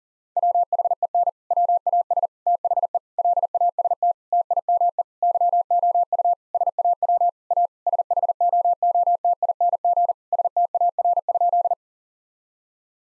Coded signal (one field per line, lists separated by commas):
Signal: Morse code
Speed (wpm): 37 wpm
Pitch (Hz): 700 Hz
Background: none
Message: WHEN WAS THE LAST TIME YOU SAW A SHOOTING STAR?